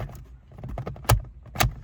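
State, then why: Seated. A plastic dash cam housing cover is pushed into the mirror-base trim of a Toyota RAV4. A few light plastic creaks and taps come first, then sharp snaps at 1.1 s and 1.6 s as the cover clicks home. The housing is seated.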